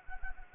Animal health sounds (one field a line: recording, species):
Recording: mosquito wingbeat signal from an infrared sensor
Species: Anopheles arabiensis